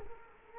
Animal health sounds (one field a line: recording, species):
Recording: mosquito wingbeat signal from an infrared sensor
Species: Culex quinquefasciatus